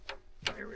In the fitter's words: There we go. This snaps into place.